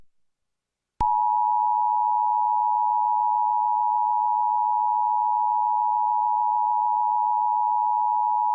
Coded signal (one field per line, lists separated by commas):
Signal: Emergency Alert System (SAME) tones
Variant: 853 and 960 Hz attention tone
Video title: Eas scenario: inquisitormaster werewolf